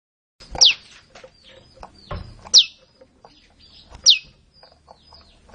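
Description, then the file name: Olive-backed tailorbird calls: three sharp, steeply descending notes spaced well apart, with faint clicks between. "suara-burung-prenjak-lumut -omkicau"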